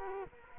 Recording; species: mosquito wingbeat signal from an infrared sensor; Culex quinquefasciatus